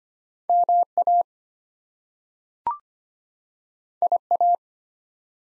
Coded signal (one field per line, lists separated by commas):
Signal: Morse code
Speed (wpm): 25 wpm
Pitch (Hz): 700 Hz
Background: none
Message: MA IA